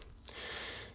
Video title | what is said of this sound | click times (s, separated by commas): Électricité dans la grange : tout le câblage de A à Z ⚡ - Ep16 - "La Grangette" | il faut mettre dans le bon sens voilà comme ça donc le premier élément se clipse dans le second | 0.3 s